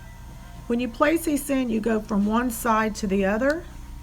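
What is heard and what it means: A dentist handles an upper plastic removable cosmetic dental appliance, working it from one side to the other over the upper teeth while someone talks. Nothing has snapped or seated yet.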